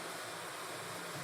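A manual transmission input shaft is handled over its brass synchronizer blocker ring, ready to be turned until it engages. A steady broadband hum with low rumble runs throughout, with no distinct impacts. Nothing has seated or clicked yet.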